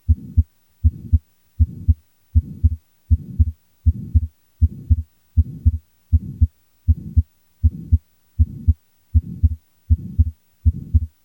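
Regular heartbeat near 79 per minute in an adult with a soft pulmonary ejection systolic murmur and transient, physiological splitting of the second heart sound, heard with the patient supine through the stethoscope diaphragm; a pulmonary flow murmur.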